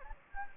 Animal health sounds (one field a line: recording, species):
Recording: mosquito wingbeat signal from an infrared sensor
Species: Anopheles gambiae